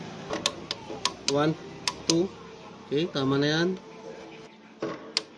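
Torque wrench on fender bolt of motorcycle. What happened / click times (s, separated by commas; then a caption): Torque wrench clicks at its set torque / 0.5 s, 0.7 s, 1.1 s. A torque wrench set to 10 Nm, with its adjusting knob locked, is tightened on a motorcycle fender bolt. It gives sharp clicks at 0.5, 0.7 and 1.1 seconds, and someone talks between them. The wrench has clicked at its setting, and a further sharp click follows at about 5.2 seconds.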